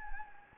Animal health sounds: mosquito wingbeat signal from an infrared sensor; Anopheles gambiae

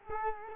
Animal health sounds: mosquito wingbeat signal from an infrared sensor; Culex quinquefasciatus

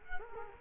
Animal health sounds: mosquito wingbeat signal from an infrared sensor; Culex quinquefasciatus

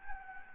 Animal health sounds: mosquito wingbeat signal from an infrared sensor; Anopheles gambiae

